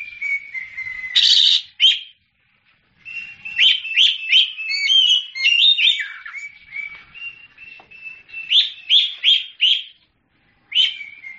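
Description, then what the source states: Oriental magpie-robin song opening with a level whistle and a harsh rasp, then after a pause a lively series of varied whistled notes, slurs and sharp chirps. Champion singing bird.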